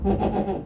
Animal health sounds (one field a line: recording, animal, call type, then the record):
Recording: contact call of a hoofed animal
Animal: goat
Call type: low-frequency (closed-mouth) or high-frequency (open-mouth) call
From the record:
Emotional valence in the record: negative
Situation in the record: food frustration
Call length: 0.66 s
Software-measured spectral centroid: 1060 Hz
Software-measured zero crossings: 800 a second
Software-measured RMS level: -24 dBFS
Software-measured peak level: -10 dBFS